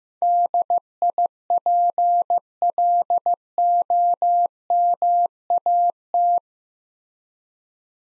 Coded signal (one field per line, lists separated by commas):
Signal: Morse code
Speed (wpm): 15 wpm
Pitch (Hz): 700 Hz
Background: none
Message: DIPLOMAT